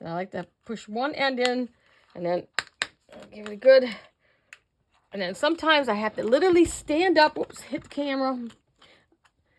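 Someone talks while pressing the plastic front cover of a fillable shaker keychain into its frame, pushing one end in first and sometimes pushing hard enough to stand up. A sharp knock sounds at about 4.5 s, and faint ticks follow near 8.8 s and 9.3 s. Nothing has seated or clicked yet.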